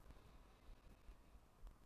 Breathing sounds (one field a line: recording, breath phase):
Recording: one breath near a microphone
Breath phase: inhalation